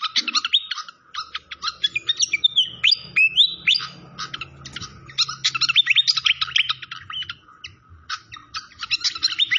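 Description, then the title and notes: Malaysian pied fantail song: continuous fast, scratchy chirping mixed with clear sliding whistles, barely pausing, with a faint low rumble beneath. Training (masteran) song with a clear voice, mixed with the sound of gurgling water. "Masteran Sikatan Kipas Suara Jernih Dan Suara Gemericik Air. Suara Burung Sikatan Londo"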